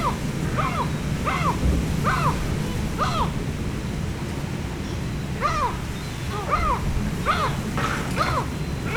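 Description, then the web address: Yellow-legged gull calls: a series of nasal, laughing arched notes, some in quick runs, over a constant low rumble and background noise. Fishponds in Hortobágy National Park, July 2013. "allathangok hortobagyinemzetipark 2013 halastavak sargalabusiraly 2013 julius"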